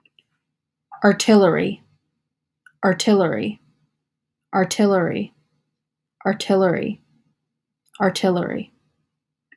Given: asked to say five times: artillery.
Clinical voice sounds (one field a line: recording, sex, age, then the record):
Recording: repeated word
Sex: female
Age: 20 to 29 years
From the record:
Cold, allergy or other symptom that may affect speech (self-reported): no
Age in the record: 21 years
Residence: Connecticut, United States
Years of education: 15